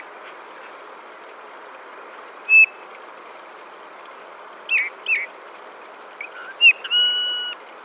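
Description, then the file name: Eurasian bullfinch: piping call of a Eurasian bullfinch, a single soft whistle, then a few chirpy notes and a longer, steady tone near the end over light background hiss. "Pyrrhula pyrrhula"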